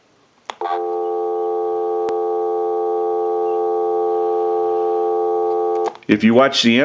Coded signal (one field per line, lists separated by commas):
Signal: telephone call progress tone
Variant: North America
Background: speech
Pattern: dial tone